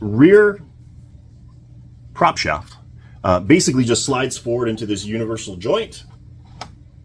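Someone talks while the rear metal prop shaft of a WWI British R Class RC submarine drive is slid forward into its universal joint. One loud, sharp hit at 6.6 s marks the shaft seating in the joint, before the set screw is tightened.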